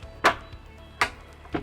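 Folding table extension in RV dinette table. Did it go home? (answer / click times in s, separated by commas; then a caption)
yes / 1.0 s. A folding table extension on the dinette table of a 2025 Panoramic Class B gas RV is swung further and latches into its next position. A sharp transient sounds at 0.3 s, the clear latching click comes at 1.0 s, and a softer knock follows near 1.6 s. The extension is locked in place.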